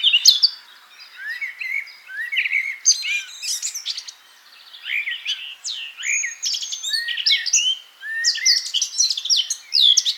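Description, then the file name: Eurasian blackcap song, loud varied warbled phrases of quick chirps and slurred whistles, delivered in bursts separated by brief quieter pauses. "Sylvia atricapilla"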